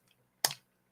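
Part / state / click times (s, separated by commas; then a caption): 3D-printed plastic part into the printer toolhead assembly / seated / 0.4 s. A 3D-printed plastic part is pressed into its mount on a Voron 2.4r2 3D printer toolhead assembly during the build. After a faint tick at 0.1 s, a sharp, bright snap at 0.5 s rings briefly, and the part is seated in place.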